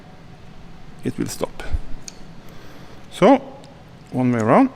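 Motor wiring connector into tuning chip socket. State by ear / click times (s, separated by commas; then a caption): not seated / none. Someone talks while handling a second plastic motor wiring connector at the socket of a VOLspeed tuning chip for a Bosch Gen 4 eBike; the connector fits only one way round. Soft plastic rustles and light taps are heard, with a brief sharp tick at about 2.1 s. The clip ends before the connector goes home, so nothing has seated or clicked yet.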